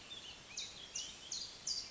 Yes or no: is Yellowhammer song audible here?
no